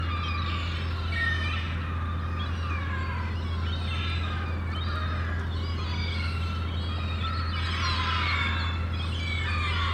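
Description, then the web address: Gull flock giving rough, wavering squeals and yelps that overlap continuously, with a constant deep droning hum beneath. Many gulls calling in a harbour. "The Sound Pack Tree - Sonic Seaside - Crazy Harbor Seagulls"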